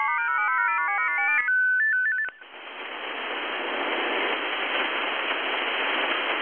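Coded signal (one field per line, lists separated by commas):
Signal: HF data modem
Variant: F07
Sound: warbling four-tone chord steps, short two-note trill, brief gap, then steady wideband hiss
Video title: F07 Data Mode 13/06/2024 2050 UTC 13389kHz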